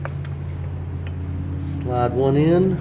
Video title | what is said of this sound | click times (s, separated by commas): Dodge Caliber How to Change Brakes and Rotors | okay it's popped into place now | 0.1 s